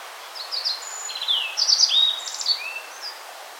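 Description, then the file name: Yellow Bunting delivering a lively phrase of high, thin whistles, buzzy trills and slurred notes. "Emberiza sulphurata"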